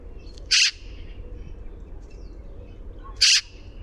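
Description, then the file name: Eurasian magpie giving two loud, dry, rasping notes about two and a half seconds apart, with faint low background noise. "Pica pica"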